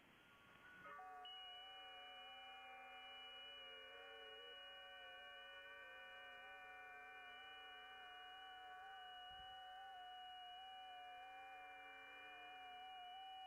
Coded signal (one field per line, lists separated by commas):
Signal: FT8